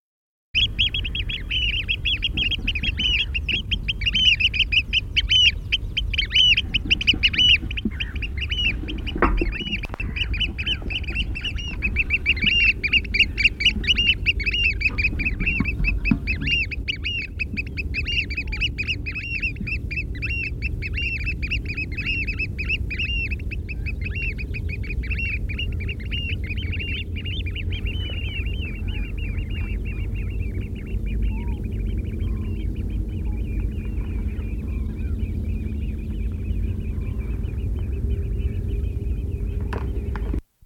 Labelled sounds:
Eurasian Oystercatcher (Haematopus ostralegus) call
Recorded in the wild
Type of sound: call
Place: Groß Banzelvitz, Insel Rügen, Mecklenburg-Vorpommern, DE
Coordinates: 54.52, 13.407
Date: 1974-04-06
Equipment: Nagra III BH, Sennheiser MD 21, parabola
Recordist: Schubert, Michael
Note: Austernfischer fliegend (z. T. starkes Schwenkgeräusch)

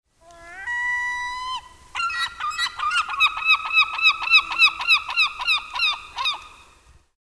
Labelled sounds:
Common Gull (Larus canus)
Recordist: Frommolt, Karl-Heinz
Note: Rufreihe

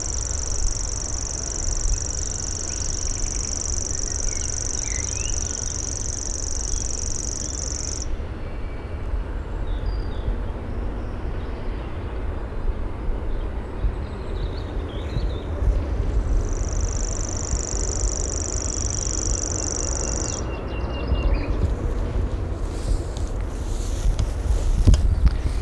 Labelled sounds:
Common Grasshopper Warbler (Locustella naevia) song
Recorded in the wild
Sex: male
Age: adult
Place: Malchower Aue, Berlin, DE
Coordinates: 52.5667, 13.4833
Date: 1990-05-16 21:33
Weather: 14,5 °C
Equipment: Uher 4400 Report Monitor, Sennheiser MKH 416 T
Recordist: Frommolt, Karl-Heinz

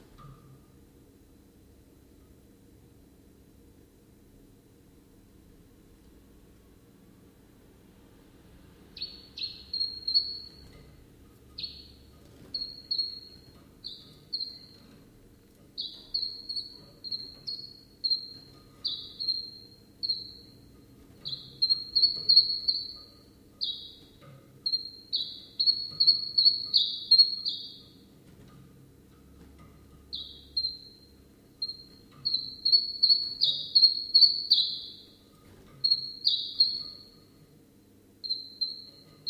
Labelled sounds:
Common Chiffchaff (Phylloscopus collybita)
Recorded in captivity
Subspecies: collybita
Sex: male
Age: adult
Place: Zoologisches Institut Universität Tübingen, Baden-Württemberg, DE
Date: 1965-05-15 12:30
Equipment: Nagra III PH, kleiner englischer Parabolspiegel, LGS26
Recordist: Schneider, Hans-Joachim
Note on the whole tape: In einem separaten Raum: Männchen blau/grün - blau/rot. Auch Aufnahmen vom 17. Mai 1965 6.50 Uhr: Männchen blau/grün - gelb/rot, geschlüpft am 15.05.1964 auf der Lichtenberger Höhe. MaAs: E.B

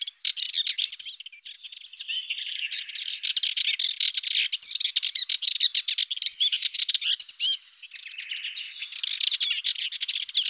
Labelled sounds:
Subalpine Warbler (Sylvia cantillans) song
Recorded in the wild
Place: St. Laurent des Arbres und Umgebung, FR
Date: 1997-04-28
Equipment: Dat-Recorder Casio DA 7, Telinga DAT, stereo, Telinga-Parabolspiegel
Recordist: Schwarz, Dieter

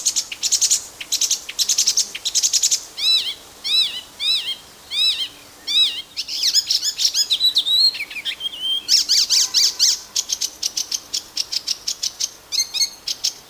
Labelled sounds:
Icterine Warbler (Hippolais icterina) song
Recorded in the wild
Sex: male
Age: adult
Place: Mühlenbecker Land, OT Summt, Brandenburg, DE
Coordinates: 52.6931, 13.3619
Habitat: garden
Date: 1983-06-04 13:38
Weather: slightly sunny, 24°C
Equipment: Nagra SN, Kopie Uher 4000 Monitor Report
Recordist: Tembrock, Günter

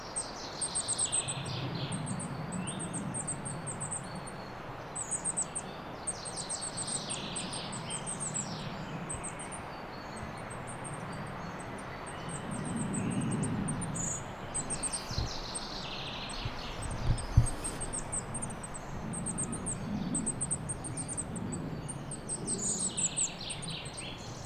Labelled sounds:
Goldcrest (Regulus regulus) call
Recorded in the wild
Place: Frauenstein, Erzgebirge, Sachsen, DE
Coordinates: 50.7944, 13.5292
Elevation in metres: 530
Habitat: wood
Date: 2008-03-29
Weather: cloudy, 2°C, moderate winds
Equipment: Sound Devices 702, Sennheiser MKH 70, Windkorb
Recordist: Frommolt, Karl-Heinz

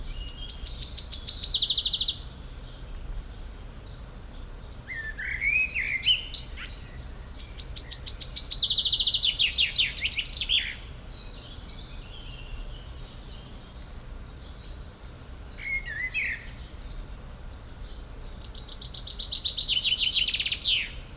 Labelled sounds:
Common Blackbird (Turdus merula) song
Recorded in the wild
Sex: male
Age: adult
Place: Potsdam-Telegrafenberg, Brandenburg, DE
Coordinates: 52.3814, 13.0644
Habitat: park
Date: 1996-06-07 19:30
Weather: sunny
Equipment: Sony MD-WM MZ-R3, Sennheiser MKH 416 T, Kopie Uher 4000 Report Monitor
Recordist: Tembrock, Günter

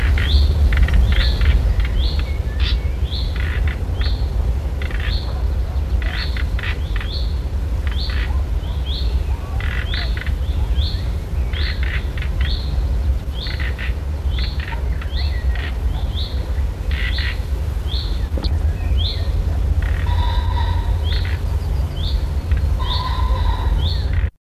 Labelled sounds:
Common Nightingale (Luscinia megarhynchos) call, Willow Warbler (Phylloscopus trochilus), Common Pheasant (Phasianus colchicus)
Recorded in the wild
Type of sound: call
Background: Phylloscopus trochilus, Phasianus colchicus
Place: Hamburg, DE
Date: 1967-06-22
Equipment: Halbspur, 9,5 cm/s
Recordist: Lütgens, Hans
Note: flügge Junge, noch nicht Hagenbeck

